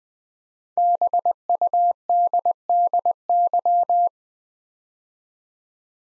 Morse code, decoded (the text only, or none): BUDDY